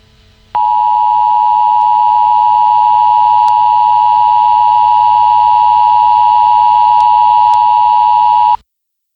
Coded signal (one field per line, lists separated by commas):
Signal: Emergency Alert System (SAME) tones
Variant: 853 and 960 Hz attention tone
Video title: (EAS SCENARIO) Tennessee Missile Disaster (READ START AND DESCRIPTION)